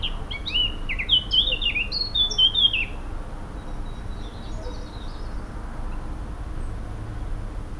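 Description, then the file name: Eurasian blackcap giving a quick, varied warble of clear whistled and chattering notes for under three seconds, then fading to faint notes over steady low background rumble. "Sylvia atricapilla"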